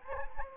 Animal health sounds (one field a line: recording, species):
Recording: mosquito wingbeat signal from an infrared sensor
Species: Anopheles gambiae